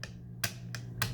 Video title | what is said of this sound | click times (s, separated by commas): OneWheel Pint Unboxing: SUPRents Try Before You Buy demo, What's in the box, and Measurements | that feels nice and sturdy and that handle kind of locks into place right there | 0.4 s